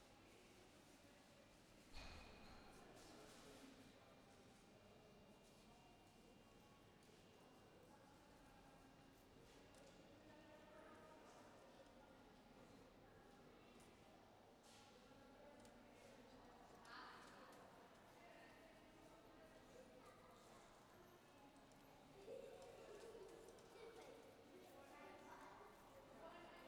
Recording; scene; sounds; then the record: everyday scene through a hearing-aid microphone; reverberant space; background noise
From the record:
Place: railway station hall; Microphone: behind the ear, left, front